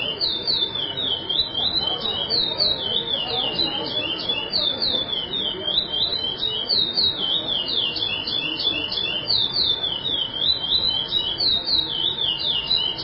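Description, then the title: Chestnut-bellied seed finch, sustained musical song of quick chirped and whistled phrases repeated in a steady rush, faint steady hum in the background. "Canto De Curio"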